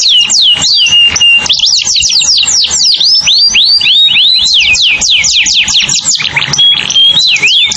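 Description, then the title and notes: Canary singing a fast, varied run of swept chirps and trills, with a few short whistled notes near the end, steady and loud throughout. Canary used as a lure call for bird-trapping. "Pikat Burung Baru. kenari"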